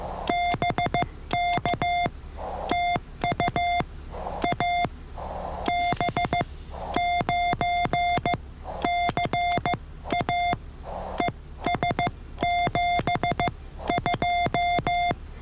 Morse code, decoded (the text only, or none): BK TU AB9CA ES 72